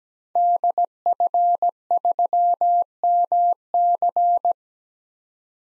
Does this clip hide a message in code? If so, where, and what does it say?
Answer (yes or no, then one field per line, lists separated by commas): yes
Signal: Morse code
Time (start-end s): 0.4-4.5 s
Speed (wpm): 17 wpm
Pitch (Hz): 700 Hz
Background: none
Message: DF3MC